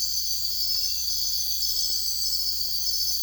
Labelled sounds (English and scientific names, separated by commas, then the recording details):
none
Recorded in secondary vegetation near Puerto Asís, Putumayo, Colombia, on 21 December 2024 at 03:30
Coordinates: 0.488, -76.319
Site GP04